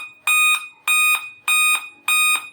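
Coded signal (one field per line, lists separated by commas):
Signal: beep code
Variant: Dell laptop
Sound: four evenly spaced buzzy beeps about 0.3 s long, each with a click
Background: small room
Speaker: अगर आप काउंट करोगे तो कंटिन्यू फाइव ब बीप करेगा य नटू थ फर फ बंद हो गया दोबारा फिर यह फाइ ब बीप करेगा कंटिन्यू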